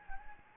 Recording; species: mosquito wingbeat signal from an infrared sensor; Anopheles gambiae